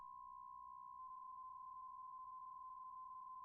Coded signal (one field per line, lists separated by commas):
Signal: PSK63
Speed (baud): 62.5 baud